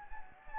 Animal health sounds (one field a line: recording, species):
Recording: mosquito wingbeat signal from an infrared sensor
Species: Anopheles gambiae